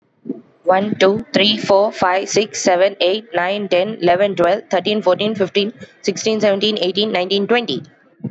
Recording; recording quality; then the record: counting at a fast pace; excellent, no background noise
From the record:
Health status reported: exposed to COVID-19, no respiratory illness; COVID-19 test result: negative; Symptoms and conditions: cough, cold, fever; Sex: female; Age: 24 years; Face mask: not worn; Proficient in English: yes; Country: India